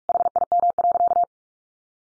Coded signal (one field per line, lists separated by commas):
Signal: Morse code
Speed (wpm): 44 wpm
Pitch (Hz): 700 Hz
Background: none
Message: HIM.